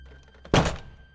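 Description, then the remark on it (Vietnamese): A main door is forcefully smashed open: one sudden, heavy, loud crashing thud with a broad burst of noise that dies away within a few tenths of a second. No voices. “Cậu thiếu niên chưa kịp nói hết câu thì cửa chính đã bị một lực lớn đánh bay.”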